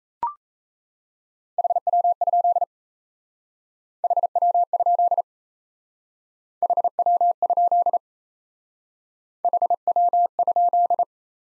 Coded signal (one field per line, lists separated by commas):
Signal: Morse code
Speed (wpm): 34 wpm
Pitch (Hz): 700 Hz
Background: none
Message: HW? HW? HW? HW?